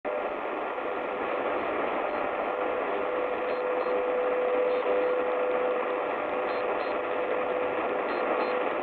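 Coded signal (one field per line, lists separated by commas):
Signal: radio time signal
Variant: WWVH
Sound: steady low tone under loud hissing static, faint ticks barely audible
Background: radio static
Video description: Radio Estación de Señal Horaria. Modo: amplitud modulada. QRG: 10,000 kiloHertz.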